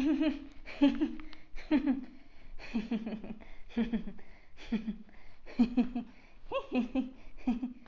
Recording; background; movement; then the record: laughter; quiet; walking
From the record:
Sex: female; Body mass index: 22.6 kg/m2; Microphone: on the chest, facing outward